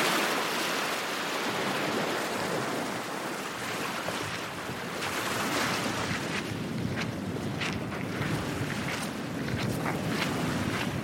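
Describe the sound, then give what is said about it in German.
Ocean waves wash onto a beach on the coast of Portugal in a continuous, hissing rush, swelling and easing slightly in steady surges with no voices present. “Das Meer hat ihn an das Ufer Portugals gespült.”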